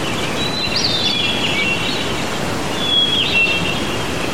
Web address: birds singing outside medium strength wind loopable